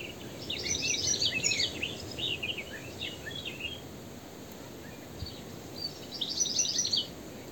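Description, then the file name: European goldfinch twittering: quick bursts of tinkling, liquid chirps in two bouts with a quieter gap between, over a steady background hiss. "Carduelis carduelis"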